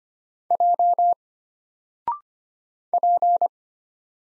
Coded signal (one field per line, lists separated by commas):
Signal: Morse code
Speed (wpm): 25 wpm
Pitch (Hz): 700 Hz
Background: none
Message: J P